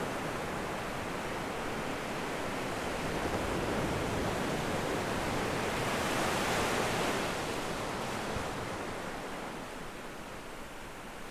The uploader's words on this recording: The Ocean Sleep Sounds.